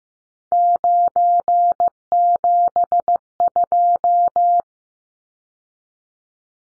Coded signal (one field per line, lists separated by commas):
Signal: Morse code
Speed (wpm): 15 wpm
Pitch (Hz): 700 Hz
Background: none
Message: 972